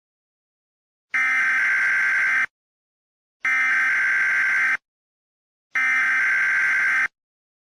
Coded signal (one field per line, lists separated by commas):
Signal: Emergency Alert System (SAME) tones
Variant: header bursts